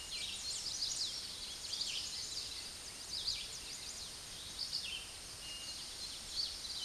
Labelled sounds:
Red-eyed Vireo song
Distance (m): 35 m
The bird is about 25 m above the microphone
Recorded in a Pennsylvania forest on 16 May 2024 at 06:11
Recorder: AudioMoth, point MSD-0398
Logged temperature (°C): 16.4 °C
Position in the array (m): 170 m, 71 m

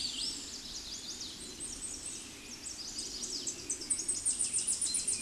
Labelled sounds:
Tennessee Warbler song
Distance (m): 30 m
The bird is about 15 m above the microphone
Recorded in a Pennsylvania forest on 16 May 2024 at 09:46
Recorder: AudioMoth, point MSD-2478
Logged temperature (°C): 15.6 °C
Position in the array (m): 78 m, 203 m

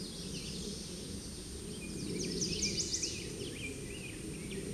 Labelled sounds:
Chestnut-sided Warbler song
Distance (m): 45 m
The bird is about 5 m above the microphone
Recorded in a Pennsylvania forest on 16 May 2024 at 08:58
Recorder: AudioMoth, point MSD-2083
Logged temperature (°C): 16.7 °C
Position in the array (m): 111 m, -8 m

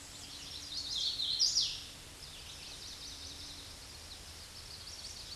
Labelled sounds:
Hooded Warbler song
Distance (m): 30 m
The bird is about 15 m above the microphone
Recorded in a Pennsylvania forest on 16 May 2024 at 08:09
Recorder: AudioMoth, point MSD-2164
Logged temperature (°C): 15.8 °C
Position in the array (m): 174 m, 71 m

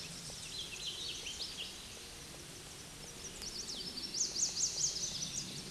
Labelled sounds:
Chestnut-sided Warbler song
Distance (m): 15 m
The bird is about 5 m below the microphone
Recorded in a Pennsylvania forest on 16 May 2024 at 08:50
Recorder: AudioMoth, point MSD-1482
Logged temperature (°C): 15.6 °C
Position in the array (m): 167 m, 126 m

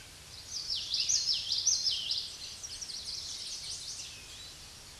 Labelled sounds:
Common Yellowthroat song
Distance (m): 15 m
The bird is about 5 m above the microphone
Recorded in a Pennsylvania forest on 16 May 2024 at 06:34
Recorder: AudioMoth, point MSD-1342
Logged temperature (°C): 15.5 °C
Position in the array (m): 235 m, 175 m

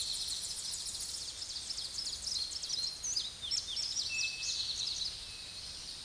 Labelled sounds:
Ovenbird song
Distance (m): 70 m
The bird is about level with the microphone
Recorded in a Pennsylvania forest on 16 May 2024 at 06:06
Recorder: AudioMoth, point MSD-0665
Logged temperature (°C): 16.1 °C
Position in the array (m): 80 m, 21 m

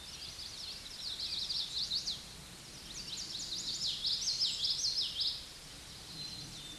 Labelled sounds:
Common Yellowthroat song
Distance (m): 25 m
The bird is about 15 m above the microphone
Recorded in a Pennsylvania forest on 16 May 2024 at 08:19
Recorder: AudioMoth, point MSD-1418
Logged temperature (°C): 16.4 °C
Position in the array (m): 233 m, 190 m

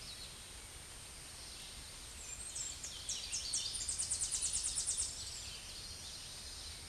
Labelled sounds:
Tennessee Warbler song
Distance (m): 20 m
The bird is about 10 m above the microphone
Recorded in a Pennsylvania forest on 16 May 2024 at 07:22
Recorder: AudioMoth, point MSD-0665
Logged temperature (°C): 16.1 °C
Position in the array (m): 81 m, 73 m

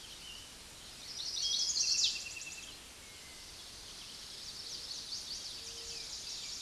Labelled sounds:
Chestnut-sided Warbler song
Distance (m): 10 m
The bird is about 10 m above the microphone
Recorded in a Pennsylvania forest on 16 May 2024 at 06:13
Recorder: AudioMoth, point MSD-2061
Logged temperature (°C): 16.1 °C
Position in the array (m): 226 m, 180 m

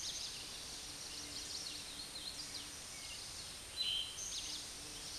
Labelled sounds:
Eastern Towhee song
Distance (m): 15 m
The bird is about 10 m above the microphone
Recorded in a Pennsylvania forest on 16 May 2024 at 09:07
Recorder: AudioMoth, point MSD-2304
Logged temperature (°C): 16.0 °C
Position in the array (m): 203 m, 176 m

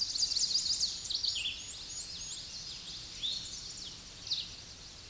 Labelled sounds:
Red-eyed Vireo song
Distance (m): 15 m
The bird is about 10 m above the microphone
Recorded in a Pennsylvania forest on 16 May 2024 at 07:59
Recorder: AudioMoth, point MSD-2257
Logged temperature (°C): 16.0 °C
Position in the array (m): 193 m, 161 m

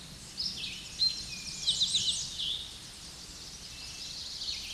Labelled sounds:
Eastern Towhee song
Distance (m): 30 m
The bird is about 5 m above the microphone
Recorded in a Pennsylvania forest on 16 May 2024 at 07:46
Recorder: AudioMoth, point MSD-2143
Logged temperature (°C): 16.0 °C
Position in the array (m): 68 m, 180 m

